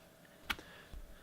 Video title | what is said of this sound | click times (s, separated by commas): How to upgrade RAM on a MacBook Pro 2012 and older (15" or 13") | it down and it should click in same | 0.5 s